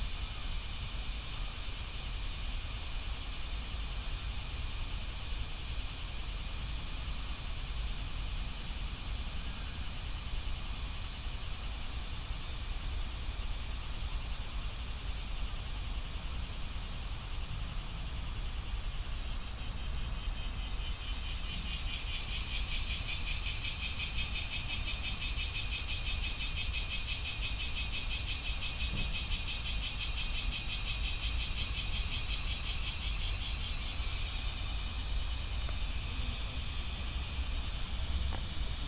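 Kyoto field recording of a steady high, cicada-like hiss over low rumble, swelling louder and fuller from about 21 to 34 seconds.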